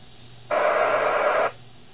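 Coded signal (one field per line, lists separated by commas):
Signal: packet radio (AX.25, as in APRS)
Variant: 1200 baud AFSK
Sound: a one-second harsh buzzing data burst out of quiet radio hiss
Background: radio static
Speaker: breaking squeal starting to hear it now can't decode it yet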